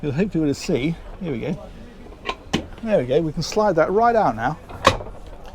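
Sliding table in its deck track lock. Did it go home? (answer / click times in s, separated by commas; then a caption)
yes / 4.9 s. On a Beneteau Swift Trawler 48, a folding cockpit table is released by its clip and slid out along its deck track toward the centre while someone talks. A sharp knock at 4.9 s marks the table locking into position.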